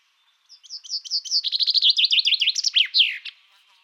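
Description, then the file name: Common chaffinch song, a cascade of quick descending notes that accelerates into a rattling trill and finishes with an emphatic terminal flourish. "Fringilla coelebs"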